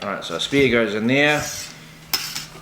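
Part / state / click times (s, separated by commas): spear shaft into speargun trigger mechanism / not seated / none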